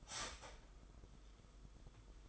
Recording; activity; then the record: daily activity, microphone in the room; start toaster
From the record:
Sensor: 5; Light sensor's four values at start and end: 35/111/42/45 and 35/111/42/45